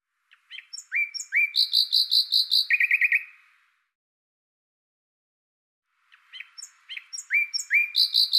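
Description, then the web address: Common nightingale song of rising whistled notes that speed into a run of repeated chirps, paused for a few seconds before the phrase starts again. "Deverinetal 2025"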